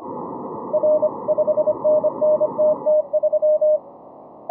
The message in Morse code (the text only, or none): R 5NNTT3